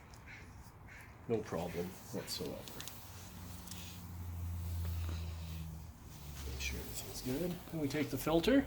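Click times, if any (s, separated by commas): none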